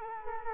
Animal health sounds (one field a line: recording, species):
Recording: mosquito wingbeat signal from an infrared sensor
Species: Culex quinquefasciatus